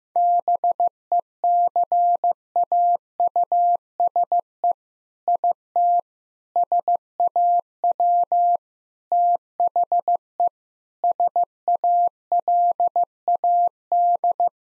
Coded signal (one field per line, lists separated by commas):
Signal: Morse code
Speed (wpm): 15 wpm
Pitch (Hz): 700 Hz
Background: none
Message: BECAUSE IT SAW THE SALAD